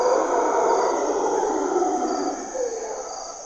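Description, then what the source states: Mantled howler monkeys roar gruffly, loud at the start and gradually fading, against a continuous high-pitched insect buzz. Monos congos waking the jungle at morning twilight in Parque Nacional Corcovado, Osa Peninsula, Costa Rica; primary hardwood forest and deep river valley echoes.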